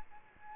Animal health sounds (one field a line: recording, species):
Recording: mosquito wingbeat signal from an infrared sensor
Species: Aedes albopictus